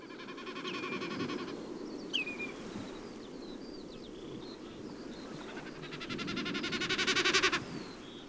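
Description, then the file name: Snipe drumming: two quavering, bleating bursts, one early and a louder one later, with a short whistle from another bird between them. "becassines"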